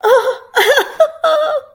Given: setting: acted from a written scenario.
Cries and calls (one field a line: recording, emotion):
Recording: vocal sound without words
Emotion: elation